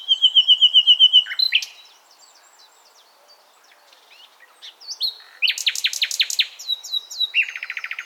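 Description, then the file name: Common nightingale song: a fast metallic trill of repeated notes, a pause, then loud varied phrases with rapid buzzy rattles and a closing quick trill. "Luscinia megarhynchos"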